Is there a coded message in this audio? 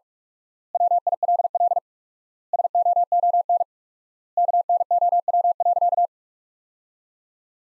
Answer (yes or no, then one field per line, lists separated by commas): yes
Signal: Morse code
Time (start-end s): 0.8-6.1 s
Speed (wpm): 41 wpm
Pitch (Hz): 700 Hz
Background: none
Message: WILL SOON KNOW.